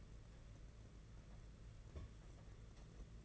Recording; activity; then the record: daily activity, microphone in the room; place on stove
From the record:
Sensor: 4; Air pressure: 992.8 hPa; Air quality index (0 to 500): 175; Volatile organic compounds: 327 ppm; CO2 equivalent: 4539 ppm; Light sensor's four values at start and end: 4/10/4/4 and 4/10/4/5